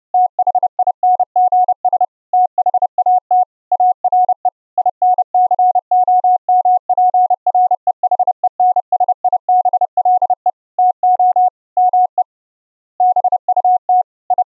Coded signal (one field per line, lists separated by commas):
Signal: Morse code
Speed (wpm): 31 wpm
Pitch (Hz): 730 Hz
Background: none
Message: THINGS THAT ARE INCOMPREHENSIBLE TO ME BUT I